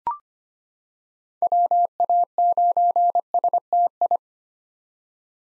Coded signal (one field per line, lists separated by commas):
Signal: Morse code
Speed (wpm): 25 wpm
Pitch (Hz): 700 Hz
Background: none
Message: WA9STI